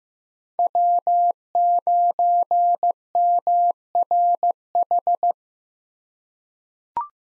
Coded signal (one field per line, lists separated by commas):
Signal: Morse code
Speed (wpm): 15 wpm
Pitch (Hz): 700 Hz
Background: none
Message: W9MRH